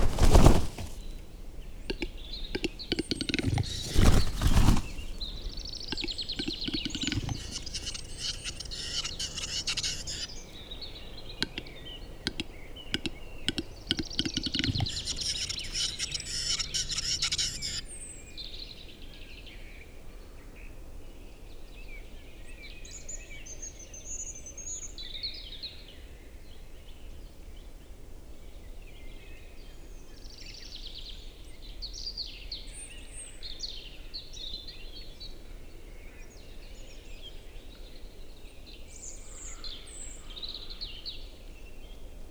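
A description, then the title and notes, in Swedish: A displaying capercaillie cock in a spring forest, its sharp clicks and a loud pop near four seconds standing out over a dense chorus of bright birdsong during the first twenty seconds. The rest is quieter, with scattered chirps over a low, steady woodland hush. Tjäderspelets ljudvärld. Här får du själv höra skogens alla ljud i slutet av april när tjäderspelet är på sin topp. Vi har spelat in en spelande tjädertupp med en Telinga SSM-mikrofon kopplad till en Olympus LS14.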